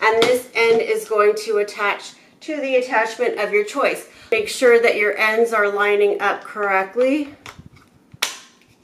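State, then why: Seated. Someone talks while lining up the attachment hose end of a Hoover Dual Spin Pet carpet cleaner with a plastic handheld accessory tool. After a few faint handling taps, the hose end is pushed on and seats with one sharp, loud click at 8.2 seconds.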